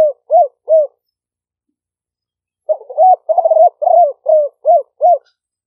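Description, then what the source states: Spotted dove calling, three soft short coos, a long silence, then a fuller burbling coo phrase ending in several rounded notes. Vietnamese cooing style called "5 hậu".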